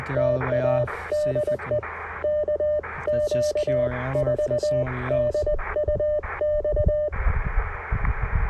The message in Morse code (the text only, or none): TA DE KQ4DUX